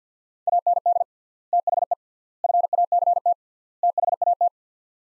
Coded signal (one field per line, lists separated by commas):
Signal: Morse code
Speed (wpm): 50 wpm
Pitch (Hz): 700 Hz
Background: none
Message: AND THE FACT THAT